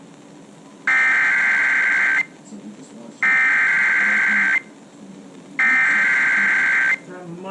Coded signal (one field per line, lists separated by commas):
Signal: Emergency Alert System (SAME) tones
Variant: header bursts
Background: speech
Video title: One too many watches... | EAS #530-557 (Severe Weather Alerts from 5/26-27/2024)